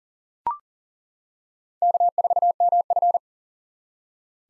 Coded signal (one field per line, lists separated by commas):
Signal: Morse code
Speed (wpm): 40 wpm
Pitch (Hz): 700 Hz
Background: none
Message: K4MF